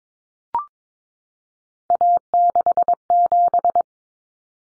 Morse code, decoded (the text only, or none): A67